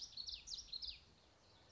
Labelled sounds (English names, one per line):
Common Yellowthroat